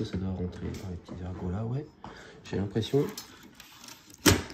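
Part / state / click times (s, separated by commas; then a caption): plastic body panel onto locating lugs of a scale model car chassis / seated / 4.3 s. Someone talks while pressing a plastic body panel of a die-cast/plastic scale model of the KITT car onto the small locating lugs of its chassis. A sharp snap comes at 4.3 s, and the panel is seated and engages well on the lugs.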